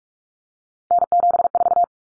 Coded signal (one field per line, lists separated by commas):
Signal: Morse code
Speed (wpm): 44 wpm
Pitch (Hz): 700 Hz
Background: none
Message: N74